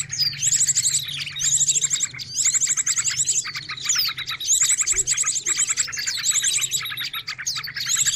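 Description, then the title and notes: Birds chatter constantly in a thick mix, with bright rattling trills repeated roughly each second, slurred whistles between them, and a faint low drone underneath. Many noisy birds calling together, used as a lure (pikat) for catching birds. "Master Burung Ribut Durasi Panjang. Burung Ribut Pikat"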